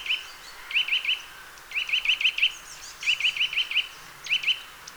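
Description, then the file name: Eurasian nuthatch calls: groups of several high, sharp rising notes with short pauses between. "Sitta europaea"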